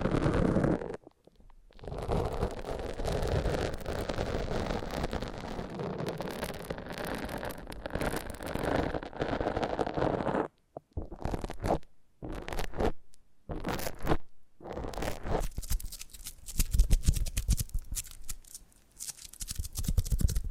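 Foam being rubbed and squeezed in a massage, giving a dense, rough scratching and squeaking that runs almost without pause for the first ten seconds. After that the rubbing breaks into shorter bursts separated by silent gaps, with brighter, harsher scrapes toward the end.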